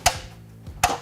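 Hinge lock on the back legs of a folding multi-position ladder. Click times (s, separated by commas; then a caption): 0.1 s, 0.8 s. The back legs of a folding multi-position combination ladder are rotated closed against the front section, and the spring hinge locks on the right and left relock. Two sharp metal clicks are heard at 0.1 s and 0.8 s, with a faint tap between them, and both hinge locks are fully seated.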